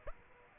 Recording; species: mosquito wingbeat signal from an infrared sensor; Aedes aegypti